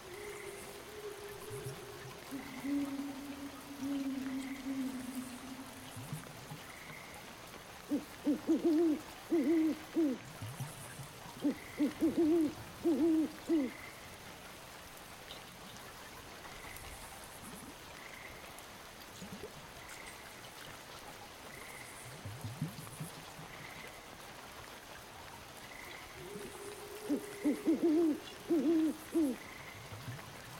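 Night woods sounds: an owl-like hooting in pulsed groups around 8–14 and 26–30 seconds, over steady water hiss and faint rhythmic insect chirps.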